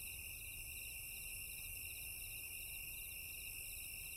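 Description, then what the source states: Crickets chirping in a dense, unbroken chorus, several steady high-pitched trills with fast pulsing rhythms layered together over a soft low rumble. Crickets recorded at night.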